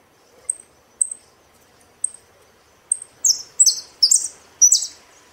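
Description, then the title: Saffron finch song: a few thin high chips, followed by a run of loud, harsh, downslurred buzzy notes repeated rapidly. "Jilguero Argentino"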